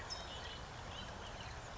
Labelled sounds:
California Towhee
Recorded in Sonoma County, California

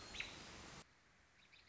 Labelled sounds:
American Robin
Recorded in Sonoma County, California

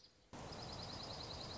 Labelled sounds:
Dark-eyed Junco
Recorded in Sonoma County, California

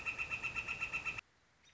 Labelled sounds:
Northern Flicker
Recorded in Sonoma County, California

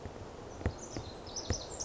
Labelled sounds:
Pacific Wren
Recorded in Sonoma County, California

